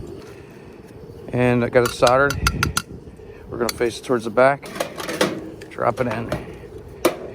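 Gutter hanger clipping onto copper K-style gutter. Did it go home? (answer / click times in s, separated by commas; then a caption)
yes / 7.0 s. A gutter hanger is pushed onto the lip of a soldered 6-inch K-style copper gutter while someone talks, with a few light metallic taps along the way. At 7.1 seconds a sharp snap is heard as the hanger locks in and seats on the gutter.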